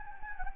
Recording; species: mosquito wingbeat signal from an infrared sensor; Anopheles gambiae